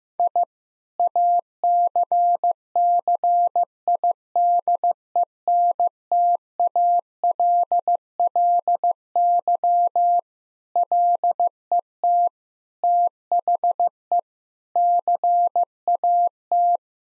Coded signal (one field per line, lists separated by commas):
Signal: Morse code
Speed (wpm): 15 wpm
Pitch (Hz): 700 Hz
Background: none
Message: I ACCIDENTALLY LET THE CAT